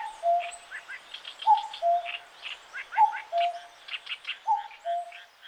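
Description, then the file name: Common cuckoo giving its familiar two-note descending call, four times in quick succession, while assorted songbirds chatter brightly in the background. "kakkou"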